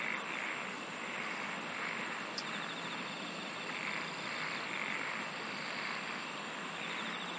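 Insects singing in a steady chorus, a continuous high shimmering buzz with faint pulsing trills, over a soft broad hiss; one sharp click.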